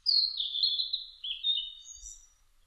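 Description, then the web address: Blue-and-white flycatcher singing one sweet, whistled phrase that glides steadily downward and ends in a few higher notes. Recorded 1 July 2006. "2006 060701 ooruri"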